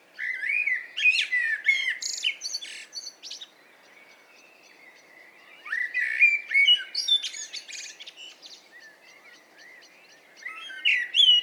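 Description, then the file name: Common blackbird singing rich fluting phrases that rise and finish in shrill twittering, three strophes with quiet gaps of a few seconds. "Turdus merula"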